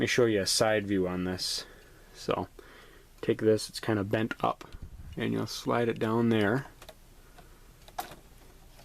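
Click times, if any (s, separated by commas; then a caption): 8.0 s. Someone talks while a bent-up wire or tool is slid down into the gap in the plastic rear case of an IBM 8513 CRT monitor to push the internal snap latch free. Soft ticks follow, then a sharp click at 8.0 s as the latch pops open and the case is released, though the latch wants to spring back up.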